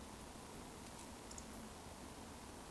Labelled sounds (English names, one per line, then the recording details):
Eurasian Woodcock whistle
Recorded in Baden-Württemberg, Germany, on 11 June 2020 at 20:38 UTC
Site 14569, 102 m above sea level